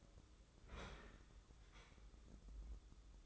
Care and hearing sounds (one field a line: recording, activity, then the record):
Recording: daily activity, microphone in the room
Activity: open fridge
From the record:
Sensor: 3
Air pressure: 995.2 hPa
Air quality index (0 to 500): 79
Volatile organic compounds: 6 ppm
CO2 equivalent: 1896 ppm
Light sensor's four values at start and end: 19/55/23/21 and 19/56/24/21